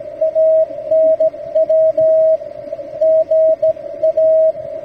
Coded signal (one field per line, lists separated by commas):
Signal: Morse code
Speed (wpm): 17 wpm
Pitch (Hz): 640 Hz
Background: radio noise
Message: ANW GA